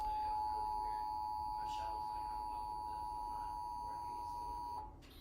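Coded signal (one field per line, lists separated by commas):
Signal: Emergency Alert System (SAME) tones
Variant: 853 and 960 Hz attention tone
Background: speech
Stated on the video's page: Nationwide EAS and WEA test received on television.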